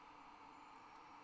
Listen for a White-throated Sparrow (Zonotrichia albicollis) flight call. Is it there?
no